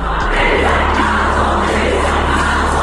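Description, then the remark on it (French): A large concert crowd shouts together in a sustained, loud roar, many voices merging into a rhythmic collective chant of "Macron démission" that fills the whole clip. “C'est pas une personne qui crie, c'est la salle qui crie.”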